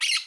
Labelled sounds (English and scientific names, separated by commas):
Brown-throated Parakeet (Eupsittula pertinax) contact call